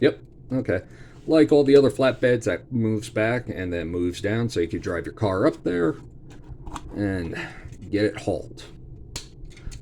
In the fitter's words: Locks in place pretty good.